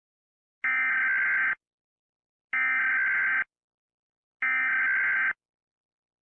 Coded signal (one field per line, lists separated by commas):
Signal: Emergency Alert System (SAME) tones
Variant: header bursts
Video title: EF5? - An EAS Scenario